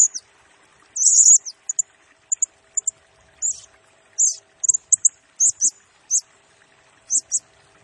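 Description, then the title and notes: Blue-crowned hanging parrot giving scattered shrill squeaks and short buzzy bursts, high-pitched, with short gaps between notes. Used as a lure and for training, provoking other birds; the singing bird is in full voice (gacor) and fires rapid bursts (nembak). "Burung Serindit Nembak Gacor Bikin Emosi Semua Burung. Suara Nasteran Dan Pemikat Burung Serinditan Gacor"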